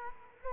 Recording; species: mosquito wingbeat signal from an infrared sensor; Culex quinquefasciatus